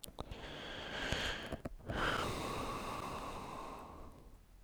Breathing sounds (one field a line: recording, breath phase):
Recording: one breath near a microphone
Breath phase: exhalation